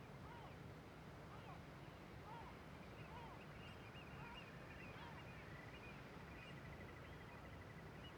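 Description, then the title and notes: Gull colony calling in alarm, with brief yelping notes scattered throughout and a run of rapid repeated notes near the end, against heavy low background noise. Gulls alarmed in a huge cliff cirque above Viðarlundin forest, Kunoy, Faroe Islands; recordist kept distance; quadraphonic recording on MixPre6II with DPA 4021 and 4022 microphones. "Le Palais des mouettes . Grand Cirque . Kunoy, Îles Féroé. Iles Féroé, KUNOY, nous sommes au dessus la forêt de Viðarlundin í Kunoy, le Cirque est énorme et les mouettes et autres oiseaux se mettent en alerte"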